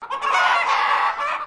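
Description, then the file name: Chicken giving one drawn-out, harsh squawk lasting about a second and a half, rich and nasal, steady in pitch with a slight wavering. Japanese chickens squawking and clucking. "BIRD CHICKENS JAPANESE SQUWARK CLUCK"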